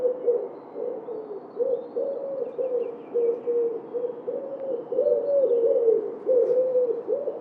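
Wood pigeon giving low, hollow coos in a near-continuous string, the notes swelling and fading unevenly.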